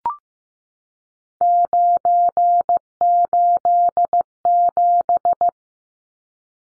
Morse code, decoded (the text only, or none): 987